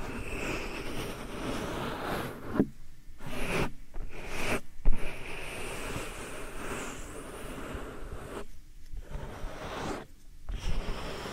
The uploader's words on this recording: ASMR Real Soft Powder Ear Massage (No Talking).